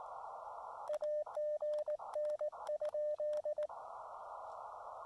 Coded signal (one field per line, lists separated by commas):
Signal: Morse code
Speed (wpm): 18 wpm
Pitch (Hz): 590 Hz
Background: radio noise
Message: AGN?